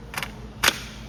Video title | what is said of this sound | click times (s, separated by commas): Lumiland cabinet lighting solution 31138 cutting and installation | and snap in place. | 0.7 s